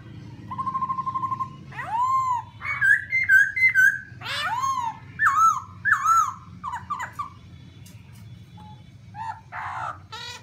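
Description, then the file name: Black-throated laughingthrush song: varied loud whistled phrases, arched and rising notes with harsher bursts, delivered in irregular runs with short pauses. "tieng khuou bac ma hot"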